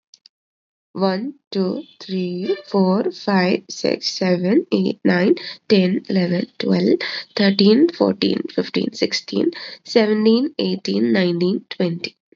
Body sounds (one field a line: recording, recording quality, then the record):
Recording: counting at a normal pace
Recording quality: excellent, no background noise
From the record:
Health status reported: COVID-19 positive, mild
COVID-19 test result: positive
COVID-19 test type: RT-PCR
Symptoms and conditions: cold, fever, fatigue, muscle pain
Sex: female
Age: 30 years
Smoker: no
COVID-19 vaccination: both doses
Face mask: not worn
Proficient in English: yes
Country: India